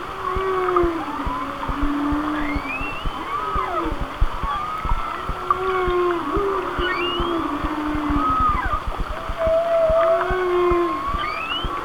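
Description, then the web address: Whale moans arching up and down in repeated phrases, joined by high rising whistles and a continuous crackle of clicks. "Natures Songs Whale Songs Whale Songs"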